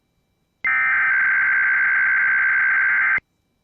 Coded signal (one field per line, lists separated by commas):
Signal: Emergency Alert System (SAME) tones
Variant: header bursts